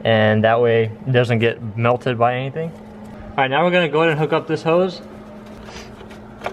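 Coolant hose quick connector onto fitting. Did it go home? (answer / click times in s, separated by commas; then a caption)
yes / 6.5 s. On a BMW E60 550i during valve cover gasket work, a coolant hose quick-connect is pushed onto its fitting while someone talks over a steady low hum. A short, sharp click at 6.5 s marks the connector seating.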